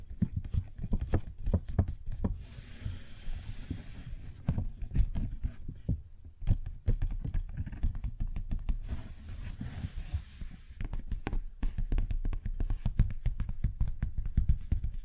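Paper bag being tapped and scratched, with dense, irregular taps and crinkles running through the whole stretch. Sharp clicks stand out against a low, rumbling rustle, and brighter scratchy hiss flares up around three seconds and again near nine to ten seconds.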